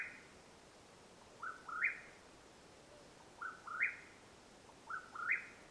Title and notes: The call of the Mexican Whip-poor-will at nightfall in Madera Canyon, AZ. Recorded April, 21 2022.